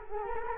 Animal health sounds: mosquito wingbeat signal from an infrared sensor; Culex quinquefasciatus

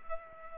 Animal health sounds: mosquito wingbeat signal from an infrared sensor; Culex pipiens

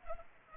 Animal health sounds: mosquito wingbeat signal from an infrared sensor; Culex pipiens

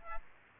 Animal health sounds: mosquito wingbeat signal from an infrared sensor; Aedes aegypti

